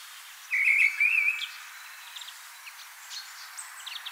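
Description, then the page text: Mistle thrush song: one clear whistled, wavering phrase followed by faint high chirps. "Mistle Thrush Song. Quick Sounds"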